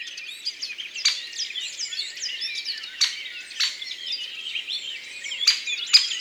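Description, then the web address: Great spotted woodpecker giving sharp, abrupt 'kik' calls, several at irregular intervals, cutting through a dense chorus of twittering and chirping songbirds. "Pic epeiche. album abc-de-la-nature"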